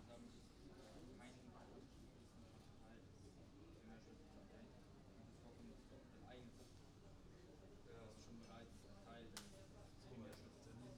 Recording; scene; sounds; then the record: everyday scene through a hearing-aid microphone; many people talking; many voices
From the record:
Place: university cafeteria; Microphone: in the ear canal, right